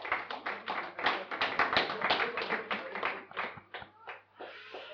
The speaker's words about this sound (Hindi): ये बहुत ही व्यवहारिक बात इन्होंने करी। एक बार जोर से ताली बजा दी इनके लिए, क्योंकि बाकी लोगों की नींद खुल जाएगी।